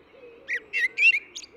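Eurasian blackbird giving a short burst of song: a few clipped notes ending in a thin high squeak, over a faint low hum.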